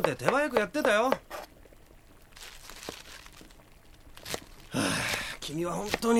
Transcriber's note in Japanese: 料理の音